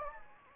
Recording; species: mosquito wingbeat signal from an infrared sensor; Anopheles gambiae